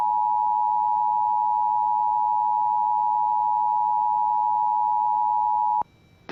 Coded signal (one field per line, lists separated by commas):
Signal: Emergency Alert System (SAME) tones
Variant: 853 and 960 Hz attention tone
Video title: Silver Alert for Virginia (EAS 197)